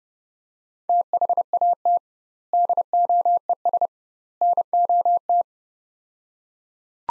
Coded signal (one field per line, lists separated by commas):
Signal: Morse code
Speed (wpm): 30 wpm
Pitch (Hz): 700 Hz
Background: none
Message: THAT DOES NOT